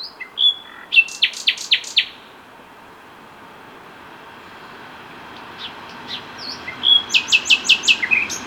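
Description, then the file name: Common nightingale song: loud repeated sharp notes in a quick series, a long quiet gap with soft chirps, then another rhythmic run of emphatic notes. "Luscinia megarhynchos"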